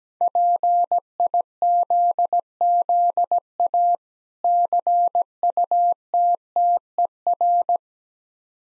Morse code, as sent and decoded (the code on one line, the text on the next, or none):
.--. .. --.. --.. .- / -.-. ..- - - . .-.
PIZZA CUTTER